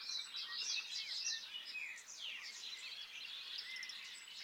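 Bobolink singing a fast, bubbly cascade of squeaky, jangling notes that flow together in one long, rollicking phrase.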